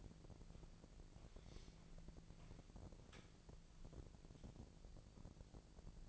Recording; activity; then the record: daily activity, microphone in the room; walk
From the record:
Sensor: 5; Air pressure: 1012.3 hPa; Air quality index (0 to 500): 158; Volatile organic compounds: 2 ppm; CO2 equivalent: 1083 ppm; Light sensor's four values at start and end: 328/789/337/375 and 329/792/338/376